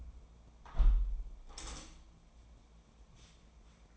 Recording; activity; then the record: daily activity, microphone in the room; close window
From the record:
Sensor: 1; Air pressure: 1012.4 hPa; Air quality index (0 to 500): 166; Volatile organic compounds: 3 ppm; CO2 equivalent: 1355 ppm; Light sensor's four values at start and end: 140/315/139/149 and 150/335/149/158